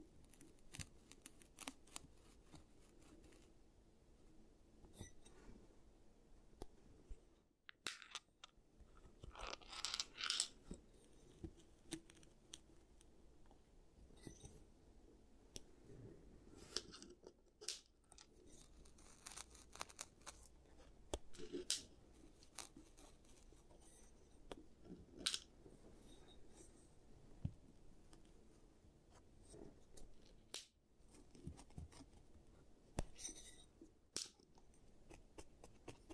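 An ASMR giant teeth treatment with cavities being fixed: a low, steady rustling bed under frequent crisp clicks, crunches and snipping scrapes. Louder bursts cluster near ten, twenty-two and thirty-three seconds, with brief near-silent pauses around eight and thirty-one seconds.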